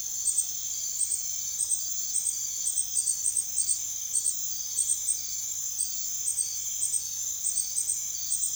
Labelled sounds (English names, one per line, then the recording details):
none
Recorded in secondary vegetation near Puerto Asís, Putumayo, Colombia, on 24 June 2025 at 01:00
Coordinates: 0.500, -76.326
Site GP08